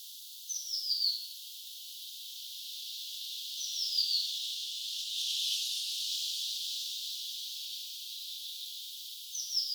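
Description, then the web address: Eurasian blue tit singing three high descending trilled phrases, the second about three seconds after the first and the third about six seconds later, over a steady hiss that swells midway. Sung in a particular manner, 16 June 2025. "16 6 2025 tuolla tavoin laulava sinitiainen"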